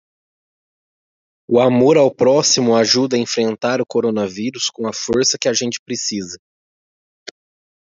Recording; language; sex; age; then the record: spoken sentence; Brazilian Portuguese; male; 20 to 29 years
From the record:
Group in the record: control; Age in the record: 28 years